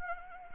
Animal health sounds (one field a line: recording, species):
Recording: mosquito wingbeat signal from an infrared sensor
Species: Anopheles arabiensis